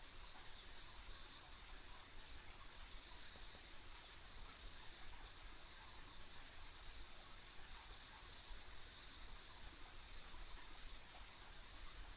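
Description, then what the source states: Insects trilling as a steady high chorus, continuous with faint shimmering pulses throughout, over a soft low background rumble. Ambient insect sounds recorded along a rural country road.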